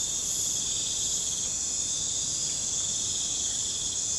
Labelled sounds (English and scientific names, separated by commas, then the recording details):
none
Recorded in pastures near Puerto Asís, Putumayo, Colombia, on 22 December 2024 at 23:30
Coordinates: 0.466, -76.322
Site G040